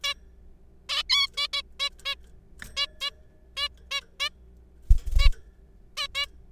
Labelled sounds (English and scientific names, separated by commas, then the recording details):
Zebra Finch (Taeniopygia guttata)
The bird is a juvenile
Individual R3428